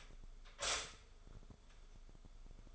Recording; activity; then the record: daily activity, microphone in the room; stop toaster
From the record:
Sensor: 5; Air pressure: 1014.8 hPa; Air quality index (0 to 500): 205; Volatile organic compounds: 9 ppm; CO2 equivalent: 2185 ppm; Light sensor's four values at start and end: 14/34/13/12 and 14/34/13/12